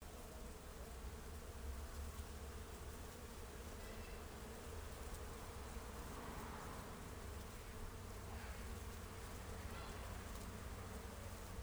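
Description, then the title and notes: Many bees buzzing together as a continuous low droning hum, steady throughout. Hundreds of bees gathered in ivy covering a garage, buzzing together; Isny im Allgäu, 13 August 2009, 17:25. "Isny im Allgäu: Hunderte von Bienen im Efeu einer Garagenbegrünung. 13. August 2009, 17:25: Hunderte von Bienen hatten sich im Efeu einer Garagenbegrünung versammelt und summten um die Wette"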